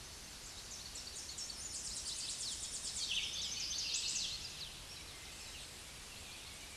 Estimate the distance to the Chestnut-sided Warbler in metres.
about 20 m